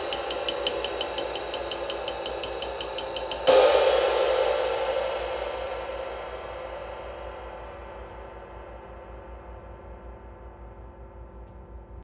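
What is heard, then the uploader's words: A 20-inch flat ride cymbal is tapped in a quick, steady pattern for about three and a half seconds, then struck hard once. Its bright, hissing shimmer swells and slowly fades over the remaining eight seconds, leaving a low hum underneath. Nicky Moon custom flat ride. It’s 20”, medium weight, with a slight bow (not exactly flat), and overhammered for more shimmer and wash of white noise.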